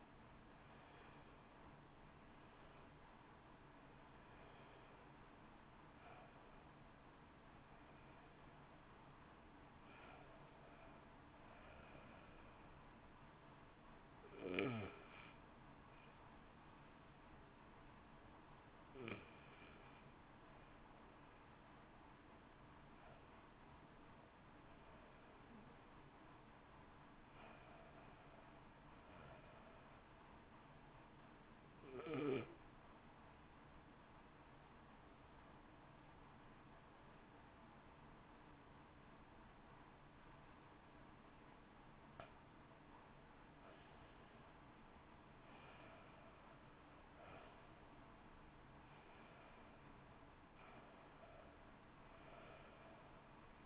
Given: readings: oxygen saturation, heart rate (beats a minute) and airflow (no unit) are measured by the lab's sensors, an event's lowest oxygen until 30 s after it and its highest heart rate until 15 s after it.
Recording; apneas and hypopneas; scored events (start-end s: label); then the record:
breathing in sleep by a voice recorder at the bedside; 1
20.00-41.30 s: hypopnea (N1, oxygen 94% highest, then 87% lowest, heart rate 52 at the start, 61 highest)
From the record:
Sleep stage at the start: N1 (lightest sleep); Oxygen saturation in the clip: 85 to 94%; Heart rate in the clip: 52 to 65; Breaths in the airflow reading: 14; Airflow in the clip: -0.9 to 1.2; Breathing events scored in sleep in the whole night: 328 in 6.3 hours asleep